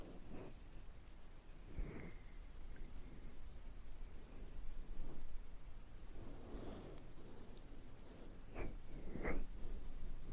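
Ear cleaning and ear massage sounds: soft, close rubbing and scratching over a steady low rumble. Brief brighter scrapes and squeaks stand out near the start, around two seconds, and twice near the end, with a muffled swell of rubbing in the middle.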